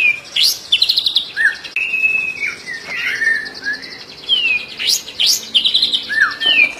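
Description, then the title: White-rumped shama song: clear whistled slurs, rising and falling, mixed with quick high trills and sharp upswept notes. Training song (masteran) for caged birds. "MASTERAN MURAI BATU LABAIK"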